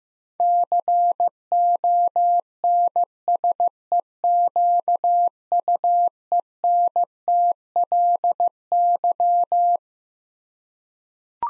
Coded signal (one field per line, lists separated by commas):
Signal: Morse code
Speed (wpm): 16 wpm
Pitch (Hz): 700 Hz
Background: none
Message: CONSEQUENTLY